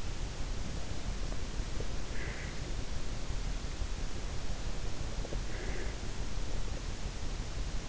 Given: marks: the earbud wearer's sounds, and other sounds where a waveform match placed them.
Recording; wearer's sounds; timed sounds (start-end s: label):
sounds in sleep by an in-ear microphone; breath
1.95-2.67 s: breath
5.39-5.97 s: breath